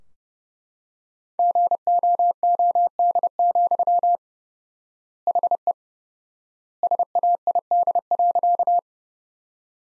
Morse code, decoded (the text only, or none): GOOD, HE SAID.